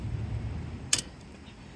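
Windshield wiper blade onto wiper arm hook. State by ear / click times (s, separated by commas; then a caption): seated / 0.9 s. On a Hyundai Santa Fe, a windshield wiper blade adapter is hooked over the tip of the wiper arm and pulled up until it locks. Over a low background rumble, one sharp plastic click sounds at 0.9 s, and the wiper blade is seated on the arm.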